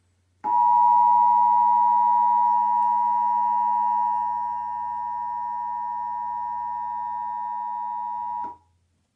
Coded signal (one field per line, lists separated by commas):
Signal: Emergency Alert System (SAME) tones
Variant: 853 and 960 Hz attention tone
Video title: Emergency Alert System - Required Monthly Test